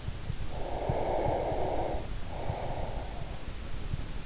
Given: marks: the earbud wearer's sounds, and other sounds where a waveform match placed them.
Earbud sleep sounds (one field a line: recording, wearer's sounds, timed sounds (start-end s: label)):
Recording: sounds in sleep by an in-ear microphone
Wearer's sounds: breath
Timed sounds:
0.38-3.42 s: breath